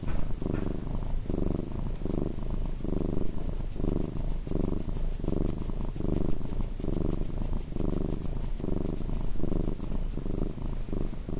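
Cat purring, loud and rhythmic, pulsing with regular breaths throughout.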